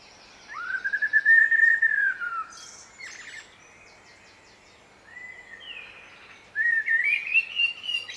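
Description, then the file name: Common blackbird song: three mellow, fluty whistled phrases with short gaps between them, some followed by squeaky high twitters, over a faint background hiss. "Turdus merula"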